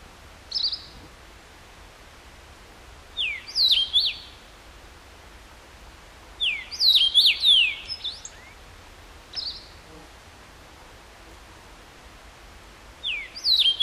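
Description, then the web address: Common rosefinch giving two full whistled phrases of slurred notes and the start of a third, with short single whistles interspersed. Recorded 14 June 2012; recording marked KBGD. "June 14 2012 C erythrinus KBGD"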